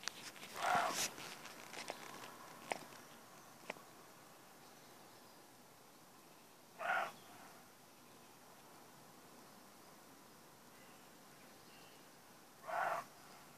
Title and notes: Donzenac, Corrèze, France - brame de chevreuil. Un jeune chevreuil, par son brame matinal, cherche à attirer dans le pré 4 chèvres qui hésitent à quitter le couvert